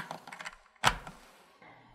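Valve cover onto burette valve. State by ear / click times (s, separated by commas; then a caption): seated / 0.9 s. A plastic valve cover is snapped onto the top of the burette valve of an SI Analytics TitroLine 7000 titrator. A few light handling taps come first, then a sharp, loud snap at 0.9 s and a faint tick at 1.1 s. The cover is seated.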